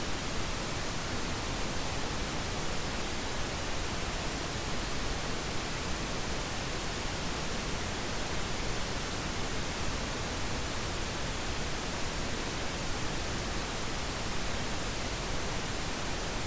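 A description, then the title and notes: Pink noise plays as a steady, even hiss, fuller and softer at the low end than white noise. It holds at one constant level for the whole stretch, with no changes, gaps or other sounds. Pink Noise Sound Machine.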